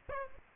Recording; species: mosquito wingbeat signal from an infrared sensor; Aedes aegypti